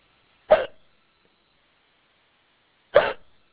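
Two short, abrupt hiccups about two and a half seconds apart, each a sharp gulping burst that cuts off quickly. These are the sounds of an adult hiccuping, with a quiet background between them.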